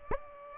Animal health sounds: mosquito wingbeat signal from an infrared sensor; Aedes aegypti

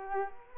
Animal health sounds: mosquito wingbeat signal from an infrared sensor; Culex quinquefasciatus

